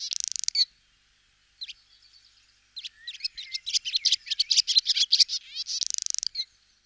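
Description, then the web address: Barn swallow singing a fast twittering, chattering song of varied squeaky notes, with dry buzzy rattling trills at the start and near the end. Song, recorded 2004. "gesang. roche 2004 rauchschwalbe"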